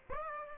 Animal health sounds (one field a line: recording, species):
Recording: mosquito wingbeat signal from an infrared sensor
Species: Aedes aegypti